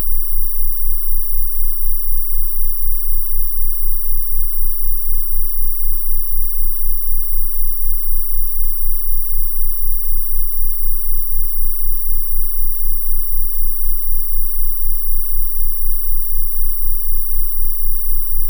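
Steady sine tones, a very high whine near 15000 and 19000 Hz over a deep low throb near 15 and 19 Hz, pulsing evenly throughout.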